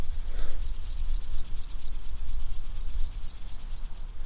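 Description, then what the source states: Large mountain grasshopper song: a continuous, very high-pitched ticking buzz pulsing evenly and rapidly throughout. Small insect about 2 cm; sound likened to someone screwing something in or a lawn sprinkler; produced using legs and wings.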